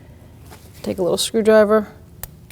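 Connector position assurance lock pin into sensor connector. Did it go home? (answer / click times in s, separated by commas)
yes / 2.2 s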